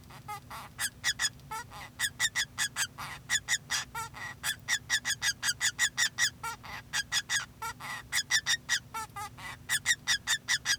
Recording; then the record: song of a male Bengalese finch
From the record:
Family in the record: son of father 2